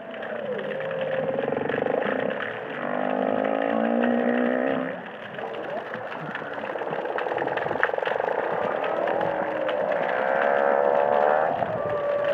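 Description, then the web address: Humpback whale song, long moaning and whining tones sliding up and down, some layered together, with a steady rumbling background. "megattera"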